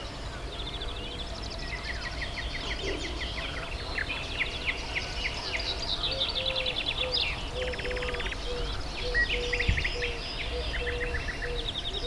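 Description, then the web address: Birds singing and calling together, with dense trills, chattering phrases and buzzy notes, over evenly repeated low notes and a background hum. Diverse bird life at the Hortobágy fishponds, Hungary, 2014, at the inner terminus of the narrow-gauge railway. "hanggyujtemeny kisvasut hortobagyihalastavak 2014 termeszet sokszinumadarvilag belsovegallomas"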